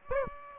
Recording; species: mosquito wingbeat signal from an infrared sensor; Aedes aegypti